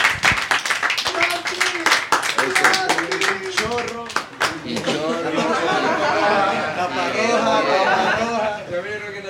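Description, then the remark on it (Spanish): At a Radio Varsol street broadcast, an audience of cultural managers bursts into dense, rapid clapping for several seconds; the applause then thins out and gives way to a lively murmur of overlapping voices and chatter. “Eso merece un gran aplauso de verdad de parte de todos los gestores culturales.”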